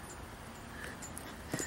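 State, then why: Not seated. A metal circlip is handled at the grease-packed splined end of a CV axle shaft on a 1956 VW Oval Beetle, where it will hold the CV joint. Low, steady handling noise runs throughout, with a brief sharp tick near 1.2 s and a louder burst of scraping at the end. Nothing has seated or clicked yet.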